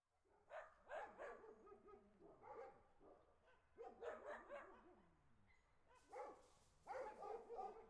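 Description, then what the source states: Dog barks tumbling out in quick overlapping volleys, some rough and yelping, with short pauses between bursts and a faint hiss in the background. Dogs barking on the street; ambient recording.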